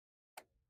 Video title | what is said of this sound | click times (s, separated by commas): Lenovo ThinkPad X270 SSD, RAM, Battery Replacement/Upgrade | and then you'll hear that click and then you'll hold it in position | 0.4 s